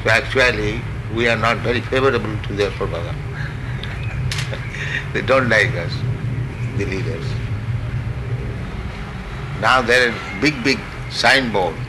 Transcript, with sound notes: So actually, we are not very favorable to their propaganda. [laughs] They don't like us, the leaders. Now there are big, big signboards.